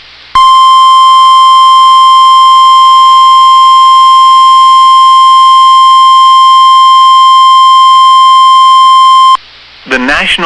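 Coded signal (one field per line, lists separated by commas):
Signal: Emergency Alert System (SAME) tones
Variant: 1050 Hz attention tone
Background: speech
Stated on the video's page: Severe Thunderstorm Warning EAS alerts broadcast on NOAA Weather Radio station WXM99.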